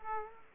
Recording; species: mosquito wingbeat signal from an infrared sensor; Aedes aegypti